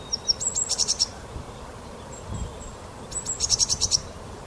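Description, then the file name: Great tit calls: high piping notes leading into a harsh rapid churring series, heard twice, separated by about two seconds of hiss. "Parus major"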